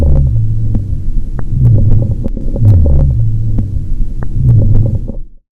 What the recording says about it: Coarse breath sounds are the noises you'll hear when the patient has secretions or fluid buildup in the lungs. Indicates that the patient needs to cough, or if they have an endotracheal tube, you may need to suction them.